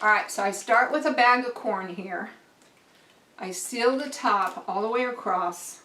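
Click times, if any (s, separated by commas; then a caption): none. Someone talks while holding a plastic freezer bag full of corn, getting ready to press its zipper track closed across the top. A faint, brief sound appears in a quiet gap between the talking. The bag is only being handled, and its zipper seal has not snapped closed yet.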